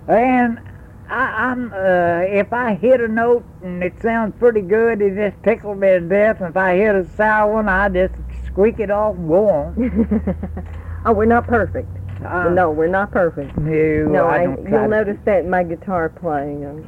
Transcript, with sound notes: and I, if I hit a note and it sounds pretty good it tickles me to death, and if I hit a sour one I just squeak it off and go on. [Laughs]
Oh we’re not perfect. No we’re not perfect.
No, I don’t try---
I notice that in my guitar playing.